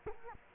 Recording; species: mosquito wingbeat signal from an infrared sensor; Culex quinquefasciatus